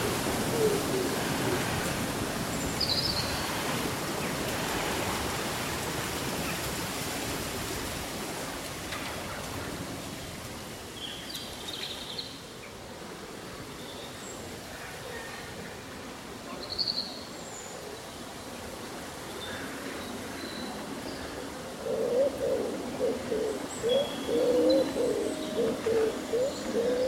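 Breezy summer day with leaves rustling in a steady wash, scattered high bird chirps, and low cooing calls returning after about 22 seconds.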